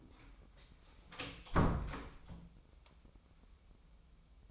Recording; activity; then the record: daily activity, microphone in the room; close door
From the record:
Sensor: 1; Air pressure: 996.1 hPa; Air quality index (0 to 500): 31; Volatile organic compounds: 1 ppm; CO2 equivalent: 590 ppm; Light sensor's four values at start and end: 14/33/14/16 and 14/33/14/15